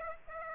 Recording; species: mosquito wingbeat signal from an infrared sensor; Aedes aegypti